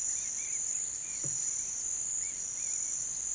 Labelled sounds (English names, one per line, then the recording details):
none
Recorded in pastures near Puerto Asís, Putumayo, Colombia, on 27 June 2025 at 08:30
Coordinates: 0.486, -76.323
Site H29